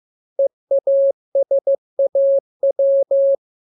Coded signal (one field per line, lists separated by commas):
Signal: Morse code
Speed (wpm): 15 wpm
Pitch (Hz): 550 Hz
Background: none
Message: EASAW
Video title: Learning Morse Code. Lesson 13. Letter KMURESNAPTLWI.